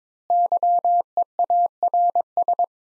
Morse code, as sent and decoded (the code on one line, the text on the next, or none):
-.-- . .- .-. ...
YEARS